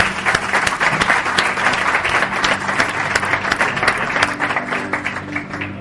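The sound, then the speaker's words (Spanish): Sustained audience applause welcoming a guest on a show, a dense crackle of many hands clapping at a steady, fairly loud level for several seconds, with a faint low hum underneath and no voices. “Démosle un cálido aplauso, por favor.”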